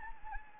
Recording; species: mosquito wingbeat signal from an infrared sensor; Anopheles arabiensis